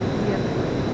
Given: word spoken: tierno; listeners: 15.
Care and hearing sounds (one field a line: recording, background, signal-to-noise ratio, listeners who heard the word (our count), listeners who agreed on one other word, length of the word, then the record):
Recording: one Spanish word in noise, from a listening test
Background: speech-shaped noise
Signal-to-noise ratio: -6.5 dB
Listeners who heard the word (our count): 1 of 15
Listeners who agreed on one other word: 7 of 15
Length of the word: 0.54 s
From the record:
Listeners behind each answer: 7, 3, 1, 1, 1, 1, 1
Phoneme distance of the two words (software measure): 27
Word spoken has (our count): 2 syllables, 6 phonemes, stress on syllable 1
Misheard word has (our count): 2 syllables, 5 phonemes, stress on syllable 1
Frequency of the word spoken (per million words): 10.27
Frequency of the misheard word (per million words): 251.39